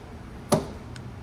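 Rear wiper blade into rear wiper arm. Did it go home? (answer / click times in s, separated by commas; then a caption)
yes / 0.5 s. A new rear wiper blade on a 2018 Subaru Outback is set into the channel of the rear wiper arm and pulled backwards until it locks into place. A sharp click at 0.5 s marks the blade seating in the arm, followed by a faint tick at 1.0 s. The blade is locked in.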